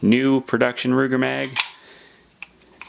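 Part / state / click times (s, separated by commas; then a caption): new production stainless pistol magazine into a P85 pistol magwell / not seated / none. Someone talks, then a new-production stainless pistol magazine is pushed up into the magwell of a P85 pistol, where it contacts the ejector. Only two faint contact ticks are heard, at about 2.4 s and 2.8 s. The magazine has not seated or latched.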